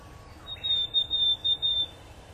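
Willow tit call series: several short, grating nasal buzzes repeated rapidly, with a thin steady high note running alongside them.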